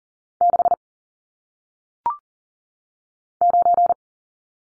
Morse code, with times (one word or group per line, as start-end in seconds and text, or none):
0.4-0.7 6
3.4-3.9 9